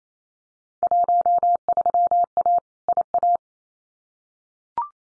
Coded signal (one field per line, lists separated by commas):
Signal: Morse code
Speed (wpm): 28 wpm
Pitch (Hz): 700 Hz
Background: none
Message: 13A IA